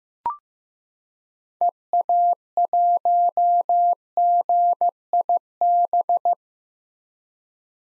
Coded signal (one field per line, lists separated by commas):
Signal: Morse code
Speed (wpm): 15 wpm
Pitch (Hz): 700 Hz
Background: none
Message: EA1GIB